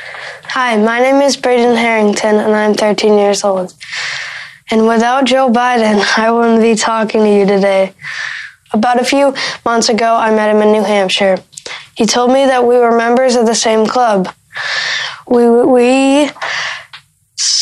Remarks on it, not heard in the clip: The kid is from New Hampshire. A young man who Vice President Biden met earlier this year in New Hampshire and helped to find his voice. We stutter.